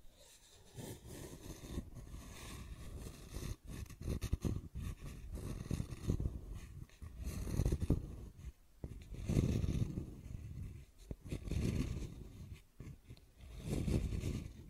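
Scratching and tracing sounds: rough, uneven scraping strokes, mostly low and gritty, rising and fading in bursts. Louder passes swell around 8, 9 to 10, and 13 to 14 seconds, separated by brief quiet gaps and a few sharp clicks.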